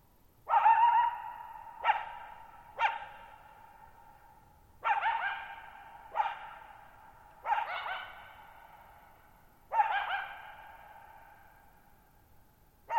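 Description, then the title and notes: Coyote barking in a series of several barks with resonant echoes filling the gaps, quiet night background. One lone coyote at night, July 14, 2019, Thirtymile Meadows, Okanogan National Forest, Okanogan High Country, Pacific Northwest, 6400 ft (1950 m), high dry plateau, shallow bowl-shaped meadow. "Lone Coyote at Thirtymile Meadows. I spent the night of July 14, 2019, camped near Thirtymile Meadows in the Okanogan National Forest at 6400 ft (1950 m)"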